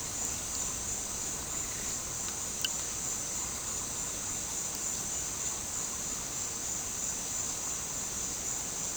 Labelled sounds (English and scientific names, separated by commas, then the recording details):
none
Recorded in dense forest near Puerto Asís, Putumayo, Colombia, on 12 March 2025 at 14:30
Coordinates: 0.467, -76.328
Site G041